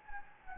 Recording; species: mosquito wingbeat signal from an infrared sensor; Anopheles gambiae